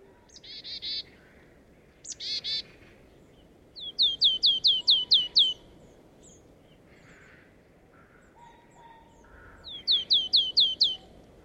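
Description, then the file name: Marsh tit calls: two short harsh buzzy bursts, then two quick runs of sharp downslurred chips, over steady low background noise. "Poecile palustris"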